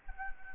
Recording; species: mosquito wingbeat signal from an infrared sensor; Anopheles gambiae